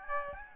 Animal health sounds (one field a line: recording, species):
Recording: mosquito wingbeat signal from an infrared sensor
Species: Aedes albopictus